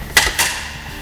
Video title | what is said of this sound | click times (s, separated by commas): BERNINA quilt frame instruction part 2 of 2 | remember that the knob goes on the outside and you want to hear that click | 0.2 s